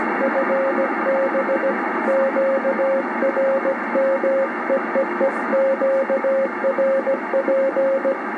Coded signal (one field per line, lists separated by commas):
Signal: Morse code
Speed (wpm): 17 wpm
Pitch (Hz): 540 Hz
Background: speech, radio noise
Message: FB QRM EEE QRP